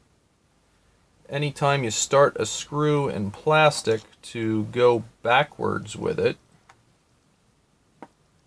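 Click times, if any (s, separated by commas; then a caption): 8.0 s. A housing screw is turned backwards in a plastic case boss of a Fluke 83 handheld digital multimeter during reassembly, to find the original thread start and avoid cutting new threads that could strip the plastic. Someone talks from about 1.3 to 6.3 s, then a faint tick comes at 6.7 s. A sharp pop at 8.0 s marks the screw dropping into the old threads and seating.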